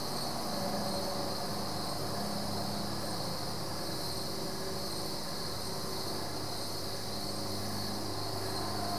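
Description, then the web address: Many crickets trilling together in a continuous high drone, light rhythmic chirps repeating steadily, with a soft low hum and rumble underneath. Crickets, several, recorded at night at Goldens Bridge, New York State, USA. "BBC Sound Effects Library - (America) Goldens Bridge, NY State - crickets at night"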